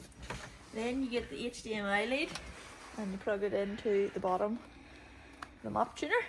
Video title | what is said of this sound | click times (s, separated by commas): Episode 3 Pt 2 Fitting the Remaining RIVA Stage 1+ Parts | So get it in like so. That clicks in, you'll hear it click. | 0.3 s